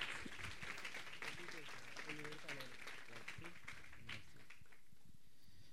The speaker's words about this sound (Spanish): que lo queremos recibir con un fuerte aplauso para que él va a estar compartiendo en este día.